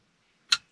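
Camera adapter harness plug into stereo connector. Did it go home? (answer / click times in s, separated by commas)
yes / 0.5 s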